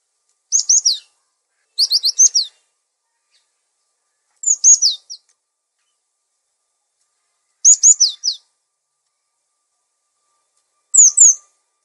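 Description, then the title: Songbird twittering, short bursts of fast, high, downslurred notes repeated every few seconds with clean silence in between. Masteran recording, used as a model song for training captive songbirds. "Master Burung Jos"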